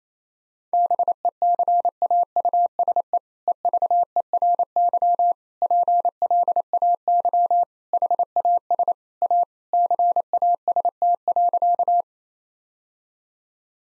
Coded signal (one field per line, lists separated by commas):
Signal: Morse code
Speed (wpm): 28 wpm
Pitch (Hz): 700 Hz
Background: none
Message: BECAUSE EVERY PLAY HAS A CAST.